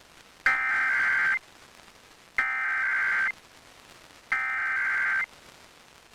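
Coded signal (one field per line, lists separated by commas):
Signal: Emergency Alert System (SAME) tones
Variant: header bursts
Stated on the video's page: Compilation of EAS Required Monthly Tests and Required Weekly Tests.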